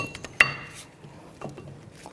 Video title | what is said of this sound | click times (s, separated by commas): How To Replace Front Wheel Bearing & Hub 2006-12 Toyota RAV4 | The easiest way with this design, I like to go in at the side angle and then clicks right in. | 0.4 s